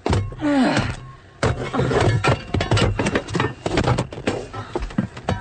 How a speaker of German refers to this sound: Ich komme! Ich brech die Tür auf!